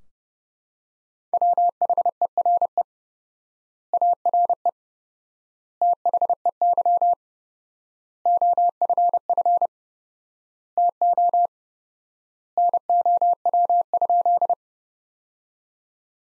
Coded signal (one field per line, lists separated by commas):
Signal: Morse code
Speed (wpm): 32 wpm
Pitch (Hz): 700 Hz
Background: none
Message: WHERE ARE THEY OFF TO NOW?